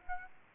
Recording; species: mosquito wingbeat signal from an infrared sensor; Aedes aegypti